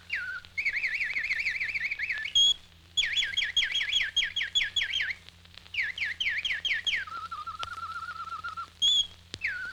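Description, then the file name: Bird singing quick wavering whistled phrases, then rapid repeated downslurs and a lower trill, over a constant low hum. "G 21-04-Whistling Birds"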